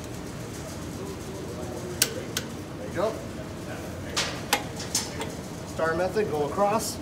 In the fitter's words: once again once you hear the click it's torque there